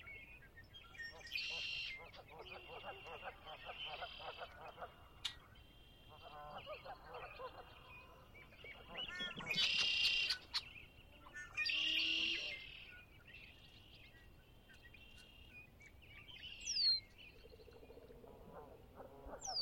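Birds sing at Conner's Lake on a chilly spring dawn, with overlapping chirps and trills from several birds throughout. Louder bright bursts come around ten and twelve seconds, and a sharp call near seventeen seconds, over a low steady rumble.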